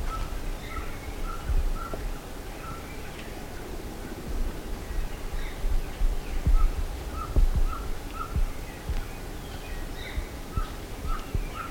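Bird calls, short chirped whistles repeated roughly once a second, fairly faint, over heavy low rumbling noise and occasional soft knocks.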